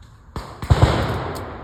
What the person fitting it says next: you heard that audible click and then he also shook it just to double verify.